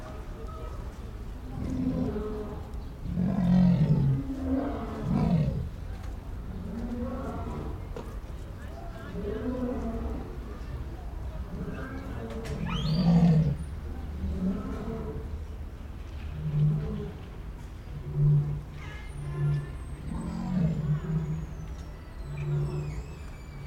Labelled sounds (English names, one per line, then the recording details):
Lion
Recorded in captivity
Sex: pair
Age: adult
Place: Zoo Berlin, Berlin, DE
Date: 1993-03-06 12:46
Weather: 3-6 °C, heiter bis wolkig
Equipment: Marantz CP 430, Sennheiser ME 80, Kopie Uher Variocord 263
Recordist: Tembrock, Günter